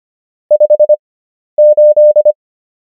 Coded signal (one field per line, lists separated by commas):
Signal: Morse code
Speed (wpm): 25 wpm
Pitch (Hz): 600 Hz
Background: none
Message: 58